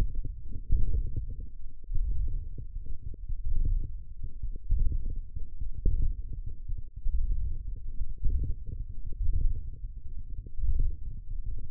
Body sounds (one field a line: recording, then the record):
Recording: forearm muscle sounds (acoustic myography)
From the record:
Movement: ulnar deviation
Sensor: system 1, eight BSWA MPA416 microphones around the upper forearm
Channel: 3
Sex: male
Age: 23 years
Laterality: right